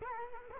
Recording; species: mosquito wingbeat signal from an infrared sensor; Culex quinquefasciatus